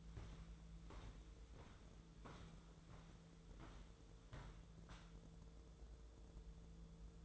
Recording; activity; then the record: daily activity, microphone in the room; walk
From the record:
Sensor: 3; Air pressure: 1005.4 hPa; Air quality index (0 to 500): 95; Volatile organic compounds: 3 ppm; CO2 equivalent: 1480 ppm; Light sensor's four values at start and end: 10/24/10/9 and 10/23/10/9